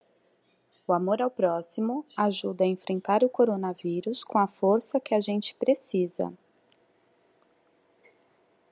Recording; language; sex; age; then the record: spoken sentence; Brazilian Portuguese; female; 40 to 49 years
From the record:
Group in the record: control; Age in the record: 41 years